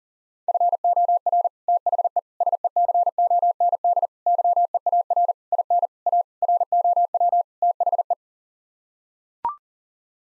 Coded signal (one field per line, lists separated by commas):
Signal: Morse code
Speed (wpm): 40 wpm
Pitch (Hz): 700 Hz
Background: none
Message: FOR THE SECOND YEAR IN A ROW THE